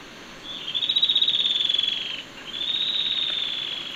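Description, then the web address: Yellow-breasted antwren giving two quick high pulsed trills in succession, the first louder, against a quiet hiss. Recorded in Ecuador. "Birds of Ecuador 2. Yellow-Breasted Antwren"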